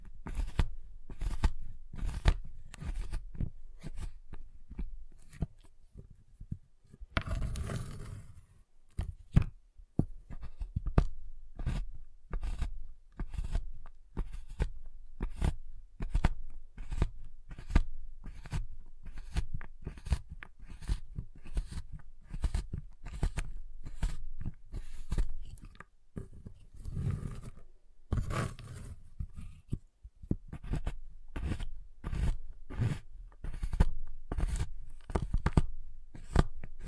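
Steady fast tapping on a giant chocolate bar, sharp regular clicks with louder snapping bursts near eight and twenty-seven seconds.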